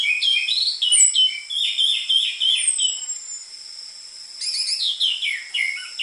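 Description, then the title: Orange-headed thrush delivers a continuous run of quick warbled notes, pauses briefly, then resumes with a denser twittering phrase over a steady high tone. Lure recording of an energetic (gacor) orange-headed thrush with densely packed song material, for tutoring caged orange-headed thrushes of the trotol type. "PANCINGAN Anis Merah Gacor Materi Isian Rapat Cocok Untuk MASTERAN Anis Merah TROTOL"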